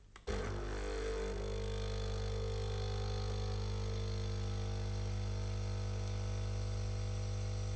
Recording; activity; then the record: daily activity, microphone in the room; make coffee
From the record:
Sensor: 4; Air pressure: 1002.9 hPa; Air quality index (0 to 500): 249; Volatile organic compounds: 20 ppm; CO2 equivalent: 2697 ppm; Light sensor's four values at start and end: 4/10/4/4 and 4/10/4/4